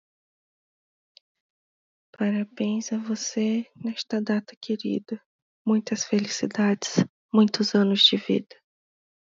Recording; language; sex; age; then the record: short text; Brazilian Portuguese; female; 30 to 39 years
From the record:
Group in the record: control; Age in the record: 37 years